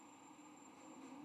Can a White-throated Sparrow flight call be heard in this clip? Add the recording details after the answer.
no. No flight call is heard. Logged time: 02:56 on 22 November 2014